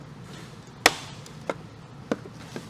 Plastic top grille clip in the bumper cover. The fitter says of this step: It's always good when you hear it snap like that. That means it's off the